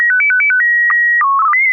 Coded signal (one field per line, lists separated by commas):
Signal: SSTV (slow-scan television)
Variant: PD 120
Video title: N6NA SSTV Net - 01/15/2025